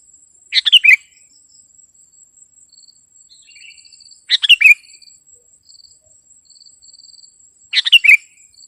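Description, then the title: Sooty-headed bulbul song, three brief bubbly phrases three to four seconds apart, each a quick cluster of chirpy notes, over a constant high whine. "kutilang"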